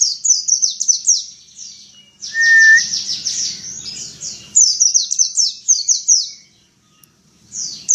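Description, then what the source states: White-eye song: rapid high twittering runs, one short lower whistle, then a pause before the warbling starts again. Pleci dakun white-eye singing in the ngalas ngeroll style.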